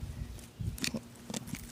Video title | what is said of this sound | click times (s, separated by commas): Summer Scalp and Grass Verticut | pop it in place well it pops into place like that and that saves a whole lot of time from having to | 0.8 s